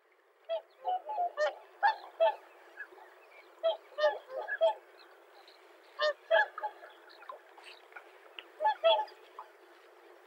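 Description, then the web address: Tundra swan calls: mellow, honking whoops from several birds, overlapping irregularly in clusters with short gaps between them. In Aomori on 7 April 2013. "koe kohakucho 130407 aomori"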